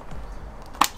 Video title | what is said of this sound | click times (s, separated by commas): Fix this NOW! Sprinter/Crafter Van DESIGN FLAW!! | it like vertical so you want it vertical like that and then you're just going to pop it in and you'll hear a little click | 0.8 s